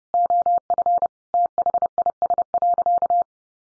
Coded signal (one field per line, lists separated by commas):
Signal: Morse code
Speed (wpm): 30 wpm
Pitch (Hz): 700 Hz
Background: none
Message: OF THIS.